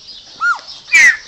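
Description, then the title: Chopi Blackbird song: an arched whistled note followed half a second later by a loud, bright note that slides gently downward. "Passaro Preto"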